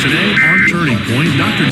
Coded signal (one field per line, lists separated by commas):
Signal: Emergency Alert System (SAME) tones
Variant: end-of-message bursts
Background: speech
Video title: IPAWS Weekly Tests (EAS #570-575) 8/12/24